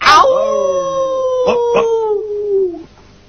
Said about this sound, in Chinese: 听到呢啲咁样嘅吠声，我就知佢而家冇作怪，我可以放心啦。